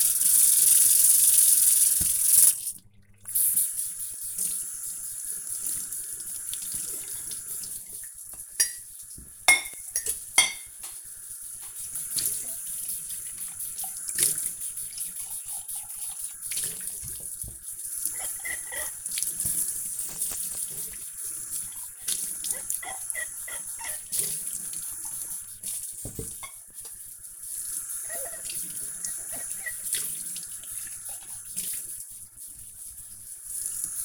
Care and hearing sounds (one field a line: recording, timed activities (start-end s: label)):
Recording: household activities, microphone on the right wrist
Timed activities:
0.00-34.05 s: washing dishes